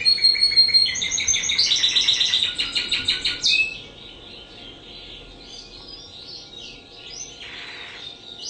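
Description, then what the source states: Spanish Timbrado canary giving a rapid rolling trill of repeated pulsed notes for about three seconds, then only faint background chirps and a soft hiss. Lively song with long rolling phrases.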